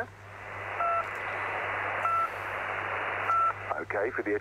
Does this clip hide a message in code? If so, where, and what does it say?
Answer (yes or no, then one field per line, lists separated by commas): no